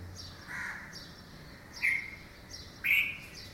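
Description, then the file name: Red-vented bulbul calls: a soft note early, then two sharp clear chirps about a second apart, over a faint steady background ticking. "Pycnonotus cafer - Red-vented Bulbul"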